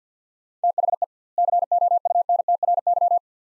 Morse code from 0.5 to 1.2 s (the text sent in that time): THE